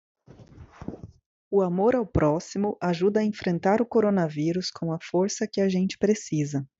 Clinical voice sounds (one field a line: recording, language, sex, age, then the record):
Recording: spoken sentence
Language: Brazilian Portuguese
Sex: female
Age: 40 to 49 years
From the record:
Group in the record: control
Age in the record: 45 years